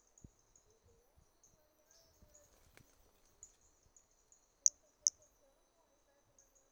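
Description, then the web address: Toadlet producing two quick, piercing high notes close together near the end, against a persistent high insect drone and faint low rustles. Individual 3 at Trilha do Ipiranga in 2021, held in the MHNCI collection; the first three notes of the call were lost. "2021 MHNCI Brachy hermogenesi Trilha do Ipiranga ind 3 three starting notes lost"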